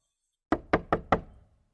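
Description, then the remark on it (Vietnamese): Four sharp knocks on a door in quick, slightly uneven succession, each a crisp percussive thud, followed by silence. No voices are present. “Có tiếng gõ cửa.”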